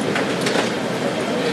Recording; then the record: background sound without coughing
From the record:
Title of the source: Office Sounds Ambience - Background Noise for Study and Work